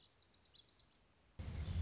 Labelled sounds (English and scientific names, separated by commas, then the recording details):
Lazuli Bunting (Passerina amoena)
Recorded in Sonoma County, California